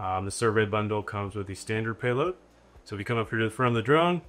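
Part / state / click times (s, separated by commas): camera payload into drone front mount / not seated / none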